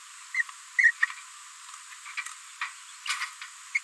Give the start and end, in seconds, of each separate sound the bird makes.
0.34-0.42, 0.78-0.91, 2.17-2.21, 3.74-3.79